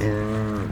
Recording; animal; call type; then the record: contact call of a hoofed animal; wild boar; grunt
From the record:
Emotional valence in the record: positive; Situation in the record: food anticipation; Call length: 0.72 s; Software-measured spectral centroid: 1820 Hz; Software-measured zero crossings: 850 a second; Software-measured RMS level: -24 dBFS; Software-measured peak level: -11 dBFS